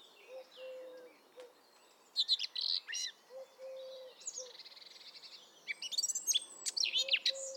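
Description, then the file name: Eurasian blackcap singing in bursts of fast, varied warbled notes and a brief buzzy run, separated by pauses, while faint low whistled notes sound in the background. "Sylvia atricapilla"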